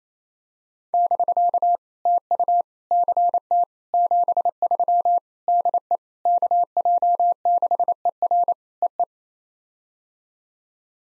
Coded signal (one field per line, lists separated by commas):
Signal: Morse code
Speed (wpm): 29 wpm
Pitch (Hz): 700 Hz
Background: none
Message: <BK> TU CT 73 DE KJ6ER EE